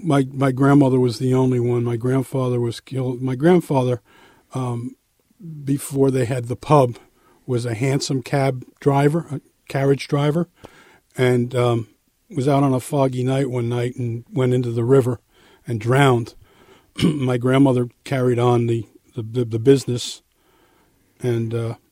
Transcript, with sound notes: My - my grandmother was the only one, my grandfather was killed - My grandfather, um, before they had the pub, was a hansom cab driver - a carriage driver - and um, was out on a foggy night one night and went in the river and drowned. (clears throat) My grandmother carried on the - th -the business, and uh,